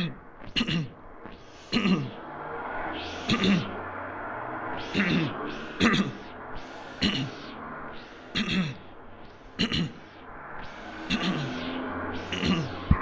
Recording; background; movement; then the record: throat clearing; traffic; sitting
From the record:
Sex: male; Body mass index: 22.0 kg/m2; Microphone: on the chest, facing the body